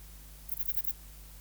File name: Ephippiger cunii